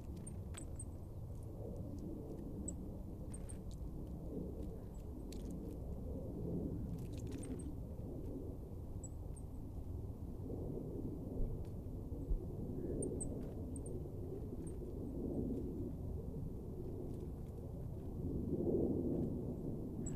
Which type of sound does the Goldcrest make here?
call